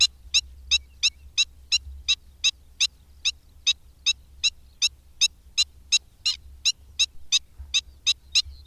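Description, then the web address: Black-winged stilt calling with quick, harsh kek notes repeated nearly three times a second in an unbroken run, fairly loud and clear. "Madardalok Cd 3. Gólyatöcs"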